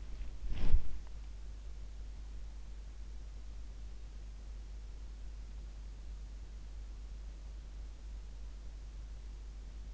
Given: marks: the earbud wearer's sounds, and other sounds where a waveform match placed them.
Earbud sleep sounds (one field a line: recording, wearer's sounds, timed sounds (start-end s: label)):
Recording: sounds in sleep by an in-ear microphone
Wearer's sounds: body movement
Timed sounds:
0.00-1.21 s: body movement